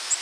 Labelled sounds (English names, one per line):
Nashville Warbler flight call